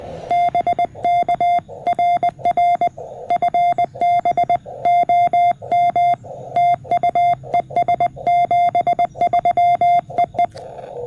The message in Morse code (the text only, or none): BK RR FB OM TU ES 73 EE